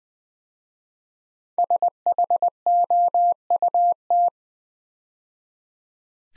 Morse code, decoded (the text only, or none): SHOUT